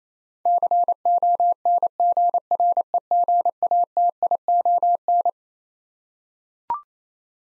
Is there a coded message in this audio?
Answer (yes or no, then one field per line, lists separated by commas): yes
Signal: Morse code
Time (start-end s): 0.5-5.3 s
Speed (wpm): 28 wpm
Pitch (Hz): 700 Hz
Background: none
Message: CONGREGATION